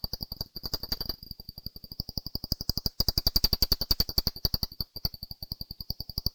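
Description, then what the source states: Brown long-eared bat clicks come in fast, uneven bursts, briefly pausing near three seconds, with a constant thin high tone running underneath. Valley Gardens, Harrogate; part of a sound map of Harrogate.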